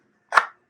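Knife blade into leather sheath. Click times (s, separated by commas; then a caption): 0.4 s. A knife is slid back into its already-fitted, formed leather sheath, giving a single sharp click at 0.4 s against near silence, with a brief tail that fades by about 0.5 s. The click comes from the leather itself, not plastic, as the knife seats down far enough that it won't fall out.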